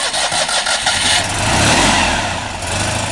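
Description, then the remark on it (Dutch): A Citroën 2CV engine cranks with a few rapid sputters, then catches and settles into a loud, steady, buzzing mid-pitched drone with a slight rev. “Ja, en dan denk ik niet de eend in deze vorm, de lelijke eend, maar meer het begrip als beest, denk ik zo.”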